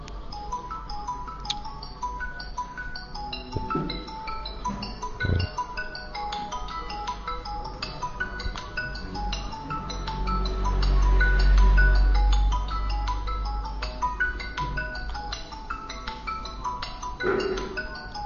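A mobile phone ringtone plays on its own for several seconds, a repeating electronic melody of bright, tinkling notes over a low background hum, with no voices.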